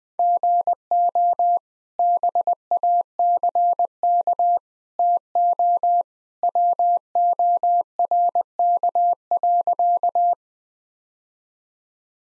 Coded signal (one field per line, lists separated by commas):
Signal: Morse code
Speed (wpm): 19 wpm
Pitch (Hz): 700 Hz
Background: none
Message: GO BACK TO WORK.